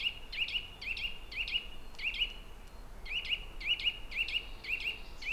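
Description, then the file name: Eurasian nuthatch giving sharp, upslurred whistled calls in quick series, about two per second, with short pauses between bursts. "Sitta europaea"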